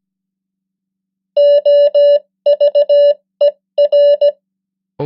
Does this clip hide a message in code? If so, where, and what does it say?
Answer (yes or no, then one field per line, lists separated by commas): yes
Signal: Morse code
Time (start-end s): 1.4-4.3 s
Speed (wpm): 17 wpm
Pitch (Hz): 580 Hz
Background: none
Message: OVER